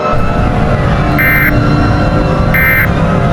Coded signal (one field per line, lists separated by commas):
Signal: Emergency Alert System (SAME) tones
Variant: end-of-message bursts